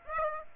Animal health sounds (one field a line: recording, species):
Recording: mosquito wingbeat signal from an infrared sensor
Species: Aedes aegypti